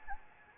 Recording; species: mosquito wingbeat signal from an infrared sensor; Anopheles gambiae